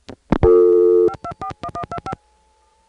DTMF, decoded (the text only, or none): 241125